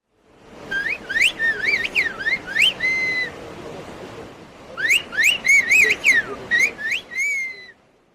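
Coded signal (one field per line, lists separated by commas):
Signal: whistled language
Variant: Turkish Kuş dili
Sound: two bursts of rapid rising and falling whistled phrases with a pause between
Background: faint background noise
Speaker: A whistled language is a highly developed method of communication.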